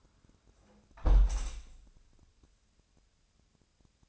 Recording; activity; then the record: daily activity, microphone in the room; close window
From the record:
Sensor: 2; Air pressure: 1000.4 hPa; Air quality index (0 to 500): 162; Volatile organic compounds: 3 ppm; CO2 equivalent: 1346 ppm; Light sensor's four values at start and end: 11/31/12/14 and 11/30/11/13